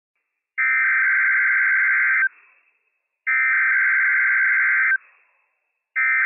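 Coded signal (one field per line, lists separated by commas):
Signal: Emergency Alert System (SAME) tones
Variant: header bursts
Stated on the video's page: Real Required Monthly Test issued by the National Weather Service, with odd breaks between words and audio looping after the end-of-message tones.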